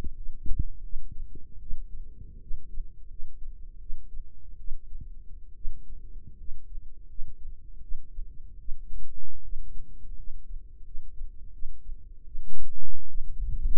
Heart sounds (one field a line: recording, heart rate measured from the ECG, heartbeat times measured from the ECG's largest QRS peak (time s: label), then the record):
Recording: heart sounds by microphone in the right ear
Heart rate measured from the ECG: 79 bpm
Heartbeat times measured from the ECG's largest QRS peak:
0.14 s: heartbeat
0.82 s: heartbeat
1.59 s: heartbeat
2.39 s: heartbeat
3.08 s: heartbeat
3.78 s: heartbeat
4.57 s: heartbeat
5.54 s: heartbeat
6.37 s: heartbeat
7.07 s: heartbeat
7.80 s: heartbeat
8.57 s: heartbeat
9.42 s: heartbeat
10.15 s: heartbeat
10.83 s: heartbeat
11.51 s: heartbeat
12.24 s: heartbeat
13.07 s: heartbeat
From the record:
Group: healthy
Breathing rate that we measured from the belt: 16 breaths a minute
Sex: female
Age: 22 years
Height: 157 cm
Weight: 47.6 kg